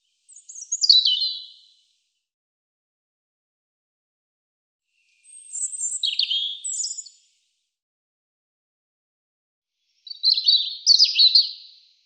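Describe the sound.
European robin song: three separate high warbling phrases, spaced about five seconds apart with silence between.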